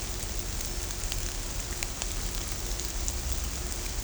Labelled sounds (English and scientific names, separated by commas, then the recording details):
none
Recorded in shrubland near Pivijay, Magdalena, Colombia, on 1 June 2023 at 17:00
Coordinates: 10.453, -74.365
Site P5-G022